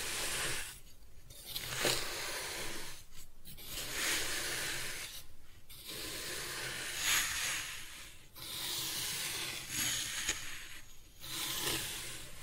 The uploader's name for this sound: Kinetic Sand Cutting and Scooping Sounds